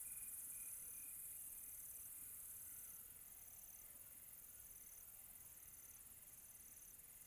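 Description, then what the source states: Cricket chirping, high clipped pulses repeated about every second, a few lower chirps early on, beneath a steady high-pitched insect drone. Quiet tropical night.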